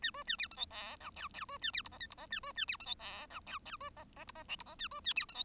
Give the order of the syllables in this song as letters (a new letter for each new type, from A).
A B A C D E F G H H B A C I J K I J A B A C D E F G H H B J J I J L I J A B A C D E